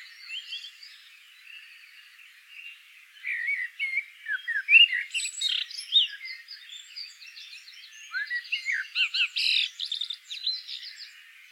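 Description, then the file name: Common blackbird song: soft faint notes at first, then two loud phrases of deep fluted whistles rising into thin, chattering high twitters. "Turdus merula"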